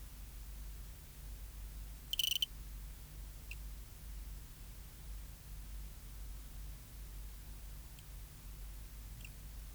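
Cricket (Eugrylloides pipiens): cricket producing one brief high chirp made of fast pulses, then a few faint scattered ticks over the following seconds; low background hum throughout.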